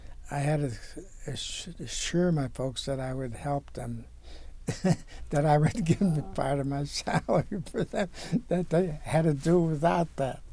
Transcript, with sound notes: I had to assure my folks that I would help them. That I would give them part of my salary (laughing) for them, that they had to do without that,